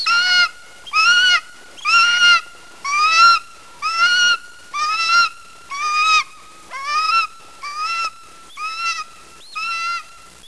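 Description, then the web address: Golden eagle yelping over and over, about ten strident calls at a steady one-per-second pace, the later ones slightly softer. "roptorlady Goldens"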